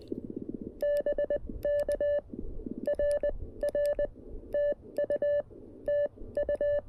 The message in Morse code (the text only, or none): BK RR TU TU